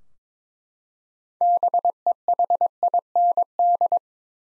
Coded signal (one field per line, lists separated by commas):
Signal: Morse code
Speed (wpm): 22 wpm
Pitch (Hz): 700 Hz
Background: none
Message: BEHIND